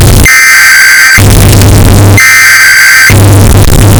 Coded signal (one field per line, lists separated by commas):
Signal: Emergency Alert System (SAME) tones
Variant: header bursts